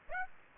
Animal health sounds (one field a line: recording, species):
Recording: mosquito wingbeat signal from an infrared sensor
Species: Aedes aegypti